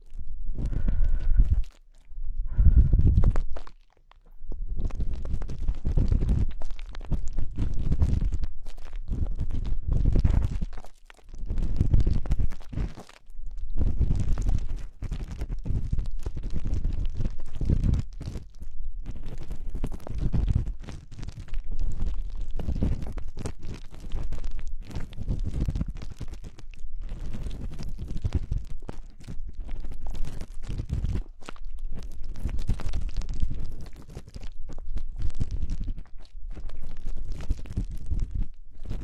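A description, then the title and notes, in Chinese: Ear cleaning with various sticks, heard as dense scratching and rubbing sounds that come in bursts with brief pauses throughout. The scraping is mostly low and crackly, with occasional short gaps of silence, especially in the first fifteen seconds. 用各种棒棒清理你的耳朵。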